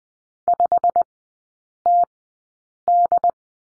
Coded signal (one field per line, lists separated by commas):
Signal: Morse code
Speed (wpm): 20 wpm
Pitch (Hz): 700 Hz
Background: none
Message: 5TD